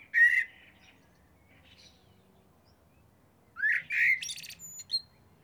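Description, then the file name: Common blackbird calls: one whistled note at the start, then after a pause a pair of rising whistled notes followed by brief high twittering. "Turdus merula"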